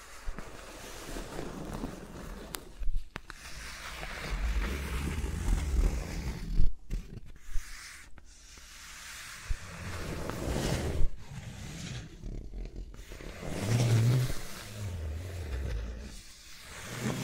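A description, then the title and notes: Fingers move around microphones, making soft rubbing and brushing sounds with deep, muffled rumbles that swell and fade unevenly. Sharp taps and clicks break in now and then, near 3, 7, 8 and 11 seconds. No talking is heard. ASMR with Mics Around My Fingers (No Talking).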